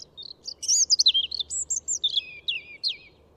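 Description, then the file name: European robin song: a rich, fast phrase of high clear whistles, some falling and some rising, mixed with quick trills, then a few thin notes trailing off. "Erithacus rubecula"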